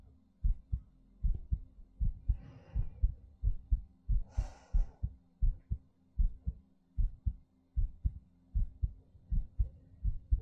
ASMR Heartbeat Breathing.